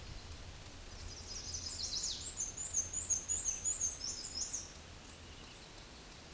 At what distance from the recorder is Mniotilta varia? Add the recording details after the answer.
about 10 m. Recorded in a Pennsylvania forest on 18 May 2023 at 13:50. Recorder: AudioMoth, point grid1_3_low. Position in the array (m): 90 m, 46 m